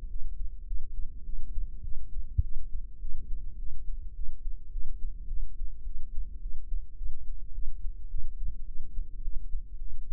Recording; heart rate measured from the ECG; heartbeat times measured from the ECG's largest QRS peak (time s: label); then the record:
heart sounds by microphone in the right ear; 105 bpm
0.09 s: heartbeat
0.66 s: heartbeat
1.24 s: heartbeat
1.82 s: heartbeat
2.42 s: heartbeat
3.00 s: heartbeat
3.58 s: heartbeat
4.14 s: heartbeat
4.71 s: heartbeat
5.28 s: heartbeat
5.84 s: heartbeat
6.41 s: heartbeat
6.96 s: heartbeat
7.53 s: heartbeat
8.10 s: heartbeat
8.66 s: heartbeat
9.22 s: heartbeat
9.79 s: heartbeat
From the record:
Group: healthy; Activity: cold pressor test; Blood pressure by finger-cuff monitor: 112/79 mmHg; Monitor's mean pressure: 92 mmHg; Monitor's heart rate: 104 bpm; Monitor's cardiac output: 8.2 L/min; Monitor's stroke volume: 77 mL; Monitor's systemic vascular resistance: 830 dyn s/cm5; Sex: female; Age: 22 years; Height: 157 cm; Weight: 47.6 kg